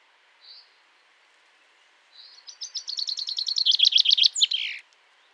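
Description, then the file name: Common chaffinch song: one soft note, then a rapid trill that builds in loudness and descends before ending in a short flourish. "Fringilla coelebs"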